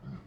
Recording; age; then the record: pig call; growing-finishing pig (85 days or more)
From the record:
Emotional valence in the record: positive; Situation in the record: run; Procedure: transit